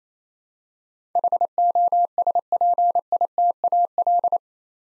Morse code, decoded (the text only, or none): HOSPITAL